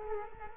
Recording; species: mosquito wingbeat signal from an infrared sensor; Culex quinquefasciatus